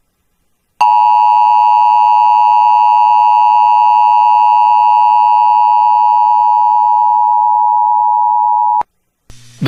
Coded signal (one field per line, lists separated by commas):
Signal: Emergency Alert System (SAME) tones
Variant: 853 and 960 Hz attention tone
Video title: SVR DOUBLEHEADER EAS COMPILATION MARCH 15-17 2024 LAREDO, TX (EAS #108-113)